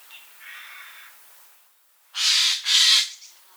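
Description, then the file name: Eurasian jay giving a softer raspy sound, then two loud, harsh screeches back to back. "Garrulus glandarius"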